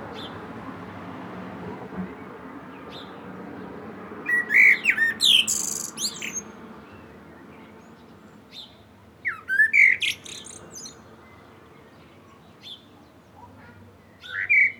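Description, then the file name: Common blackbird song: mellow whistled phrases with squeaky high endings, repeated every five seconds or so over a low rushing background. "Turdus merula"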